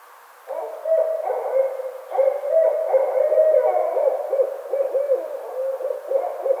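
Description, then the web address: Barred owl hoots: loud, deep, wavering notes starting after a brief quiet moment, then several overlapping phrases in quick, uneven succession over faint hiss. Recorded 25 May 2009. "Barred Owl 2009 05 25 Barred Owl"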